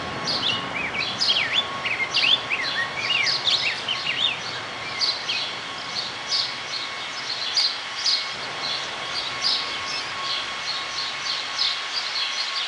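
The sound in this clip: Rose-breasted grosbeak singing a fast warble of up-and-down slurred notes, strongest in the first few seconds, then fainter notes over a constant hum.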